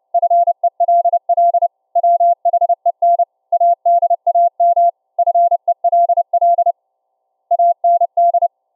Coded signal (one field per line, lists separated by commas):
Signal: Morse code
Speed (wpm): 30 wpm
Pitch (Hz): 690 Hz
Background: none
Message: FELL WHEN ADAM FELL AND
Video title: ULF CW Raspberry pi SDR Transmitter & Laptop SDR Receiver for TTE Radio Comms between Cave & Surface